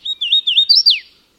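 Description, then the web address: Swainson's Warbler song with wavering, slurred whistled notes in a short ringing phrase that ends on a steep falling whistle. "Birdnote. Swainsons Warbler"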